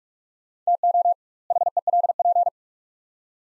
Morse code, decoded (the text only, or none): TO HELP